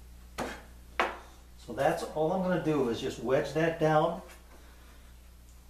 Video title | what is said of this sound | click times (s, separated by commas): Shuffle Board Light 08 | So you can see if I pull one of these out, you can hear it pop a little. | 1.0 s